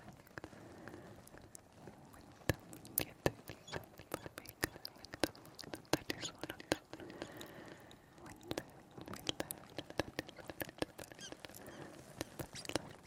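Ear brushing and taps with soft inaudible whispers underneath. Sharp clicks and taps come in uneven bursts throughout, dense from about two to seven seconds and again after eight, over a low, continuous murmur and soft scratchy brushing.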